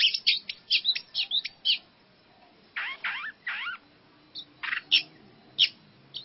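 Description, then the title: Long-tailed shrike song opening with a rapid run of harsh notes, then a few slurred upward-sweeping phrases and scattered sharp single notes after a pause. "Kicau Burung Pentet"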